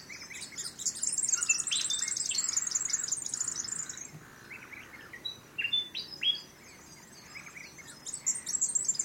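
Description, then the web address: Bird calls: a dense burst of very high, rapid twittering chirps for about four seconds, then scattered sharp chips and short notes against a soft background hiss. Unidentified bird calls recorded in mangroves. "Sound Effects-Foundation 1 BIRD UNKNOWN MAGROVES"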